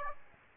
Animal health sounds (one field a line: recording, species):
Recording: mosquito wingbeat signal from an infrared sensor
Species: Aedes aegypti